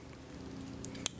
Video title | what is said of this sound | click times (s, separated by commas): Reveal The Shield Delxue G2 Optimus Prime | and then you clip the two those two pieces together until they you can hear them pop into place | 0.9 s, 1.1 s